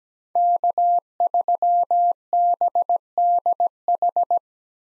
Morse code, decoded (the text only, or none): K3BDH